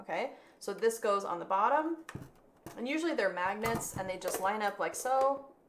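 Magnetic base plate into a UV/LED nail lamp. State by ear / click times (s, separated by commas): not seated / none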